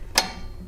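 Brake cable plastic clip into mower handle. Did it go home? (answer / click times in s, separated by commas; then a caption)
yes / 0.2 s. A lawn mower blade brake cable is pressed into its plastic retaining clips on the mower handle. A single sharp click rings out at 0.2 s over a low background hum, and the clip snaps in, seating the cable.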